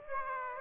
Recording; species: mosquito wingbeat signal from an infrared sensor; Aedes aegypti